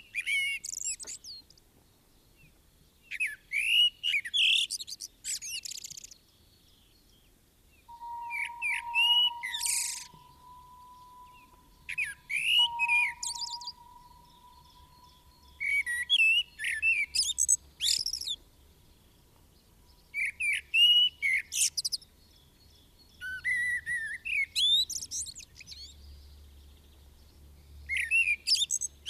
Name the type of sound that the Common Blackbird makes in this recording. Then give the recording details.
song. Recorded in the wild. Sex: male. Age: adult. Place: Garmisch-Partenkirchen, Bayern, DE. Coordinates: 47.4864, 11.08. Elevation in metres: 703. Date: 1967-03-26. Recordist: Tretzel, Erwin